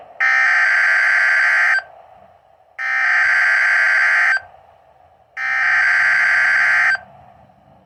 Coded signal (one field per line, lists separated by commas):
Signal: Emergency Alert System (SAME) tones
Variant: header bursts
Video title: MARGINAL RISK - EAS Alerts from 6/26/24 #67-69